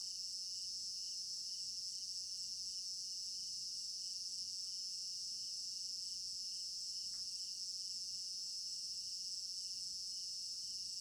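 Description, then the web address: Crickets chirping in a dense, steady high-pitched chorus, with a pulsing band below it and a few faint soft clicks. Crickets in an African village garden at night; stereo binaural recording. "African-Village Garden Night Crickets Stereo-Binaural. immersive sound library"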